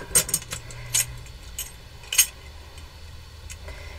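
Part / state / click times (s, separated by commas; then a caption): replacement blade assembly onto rotary cutter body / not seated / none. A replacement blade assembly, the new blade with its hardware, is pushed onto a rotary cutter body, giving sharp metallic clicks and rattles at 0.2, 0.3, 1.0 and 2.2 seconds over a low hum. The assembly fails to clip in, and nothing has seated or clicked into place yet.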